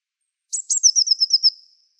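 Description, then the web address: Bird call: a quick series of high, thin notes that step downward in pitch and fade into a short trailing tail, with no other sounds. "cianscape. Deverinetal"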